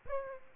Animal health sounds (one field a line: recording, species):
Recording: mosquito wingbeat signal from an infrared sensor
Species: Aedes aegypti